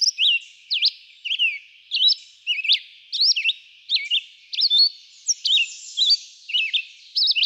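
Red-eyed vireo with a steady string of brief whistled slurs, some rising and some falling, about every half to one second, faint high hiss underneath.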